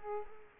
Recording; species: mosquito wingbeat signal from an infrared sensor; Culex quinquefasciatus